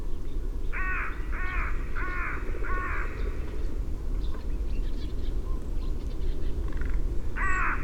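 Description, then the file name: Carrion crow cawing: four harsh, rasping caws in an even series, a pause, then a fifth caw near the end, over a steady low rumble. "Corvus corone"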